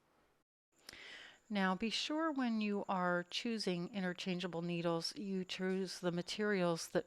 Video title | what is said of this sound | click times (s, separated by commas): Are INTERCHANGEABLE KNITTING NEEDLES Worth It? Everything You Need to Know! | insert the cable into the needle and turn it and it'll click into place | 0.9 s